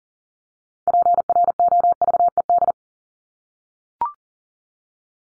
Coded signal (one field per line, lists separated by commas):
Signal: Morse code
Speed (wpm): 40 wpm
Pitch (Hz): 700 Hz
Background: none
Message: PROVED